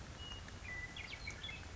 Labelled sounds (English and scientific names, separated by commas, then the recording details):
Western Meadowlark (Sturnella neglecta)
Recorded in Sonoma County, California